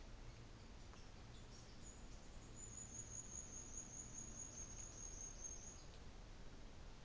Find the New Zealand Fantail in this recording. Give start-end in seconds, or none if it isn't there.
0.84-6.15